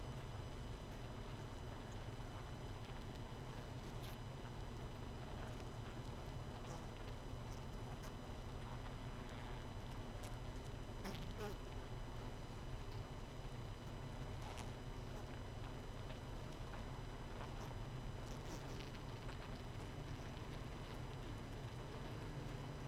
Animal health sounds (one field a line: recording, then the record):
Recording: honeybee colony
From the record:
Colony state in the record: missing queen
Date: 31 May 2018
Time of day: 21:50